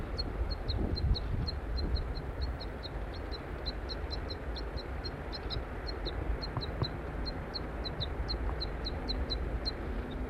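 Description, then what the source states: Crossbill begging calls, high sharp chips repeated rapidly and almost continuously, sometimes doubled, over low background noise. Juvenile giving begging calls; male at top of a Table Mountain pine giving soft flight calls.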